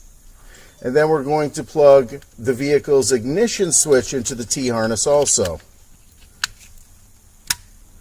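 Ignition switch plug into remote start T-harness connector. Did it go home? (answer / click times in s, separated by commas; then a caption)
yes / 6.4 s, 7.5 s. On a 2011-2014 Ford F-150 or 2011-2016 Ford F-250, F-350, F-450 or F-550, the vehicle's ignition switch plug is pushed into the plastic remote start T-harness connector as part of a plug-and-play remote start installation. Someone talks for the first five and a half seconds, then two sharp clicks are heard at 6.4 s and 7.5 s as the wiring harness connector seats and locks in.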